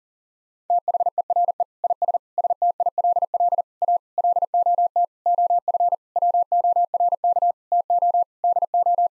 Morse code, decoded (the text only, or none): THERE IS STILL A LOT OF WORK TO DO